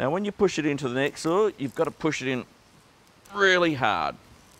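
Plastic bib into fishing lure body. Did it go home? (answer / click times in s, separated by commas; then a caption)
no / none. A replacement plastic bib is being pushed hard into the slot of a Halco fishing lure body while someone talks, with a quieter gap of faint handling noise in the middle. Nothing has seated or clicked yet by the end of the clip.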